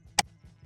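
The plastic cabin air filter access cover on a 2025-2026 Hyundai Tucson, hooked in by its left tab, is swung closed like a door into the HVAC housing behind the glove box. A single sharp click sounds at 0.2 s over a low background hum. The cover is completely seated.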